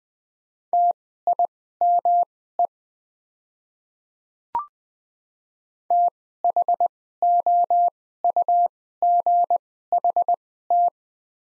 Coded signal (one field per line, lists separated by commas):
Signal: Morse code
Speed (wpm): 20 wpm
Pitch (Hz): 700 Hz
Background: none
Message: TIME THOUGHT